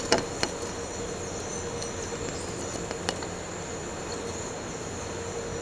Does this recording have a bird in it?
no